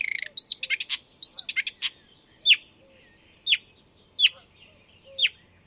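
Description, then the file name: Marsh warbler with brief whistled and chattering phrases, then single sharp notes about once a second, soft low chirps in the background. "enekes nadiposzata hangja"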